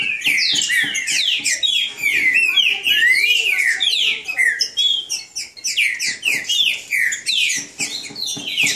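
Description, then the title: Green-winged Saltator singing rapid, downward-sweeping whistled phrases in crowded overlapping bursts, with short dips between louder runs of notes. Bird named Nicão singing in the woods, in a song contest with a free wild bird. "Trinca Ferro NICÃ O No Mato Disputando Com Solto"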